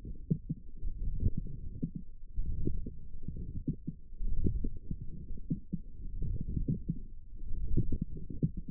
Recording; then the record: forearm muscle sounds (acoustic myography)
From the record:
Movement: forearm pronation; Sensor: system 1, eight BSWA MPA416 microphones around the upper forearm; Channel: 1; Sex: male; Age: 21 years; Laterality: right